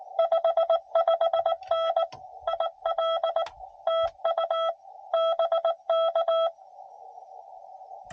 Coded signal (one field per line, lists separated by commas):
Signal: Morse code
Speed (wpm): 22 wpm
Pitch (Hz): 670 Hz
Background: none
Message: 55N IL TU BK